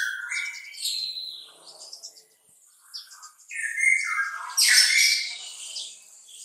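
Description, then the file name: Bulbul song: squawky, slurred phrases rising and falling, a pause midway, then louder harsh notes near the end. "suara kutilang trucukan"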